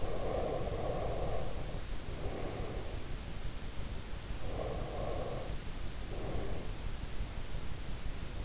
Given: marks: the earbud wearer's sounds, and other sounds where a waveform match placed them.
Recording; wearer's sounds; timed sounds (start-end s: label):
sounds in sleep by an in-ear microphone; breath
0.00-3.00 s: breath
4.43-6.83 s: breath